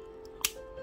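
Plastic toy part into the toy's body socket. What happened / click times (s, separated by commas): The plastic part clipped into place / 0.4 s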